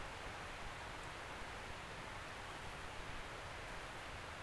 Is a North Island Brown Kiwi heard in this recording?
no